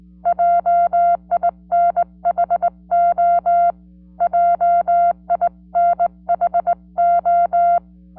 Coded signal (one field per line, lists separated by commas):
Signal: Morse code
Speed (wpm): 20 wpm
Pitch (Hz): 690 Hz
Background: none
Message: JINHO JINHO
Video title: CW QSO Using GHD Straight key GT705A, 40m band with JN6ILN 수동전건 전신교신